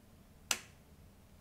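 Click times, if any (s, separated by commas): 0.5 s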